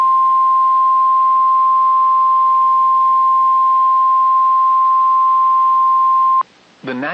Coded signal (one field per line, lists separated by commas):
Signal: Emergency Alert System (SAME) tones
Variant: 1050 Hz attention tone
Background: speech